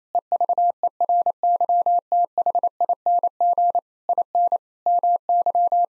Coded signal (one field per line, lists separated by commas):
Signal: Morse code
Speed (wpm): 28 wpm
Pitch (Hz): 700 Hz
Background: none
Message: EVERYTHING IN MY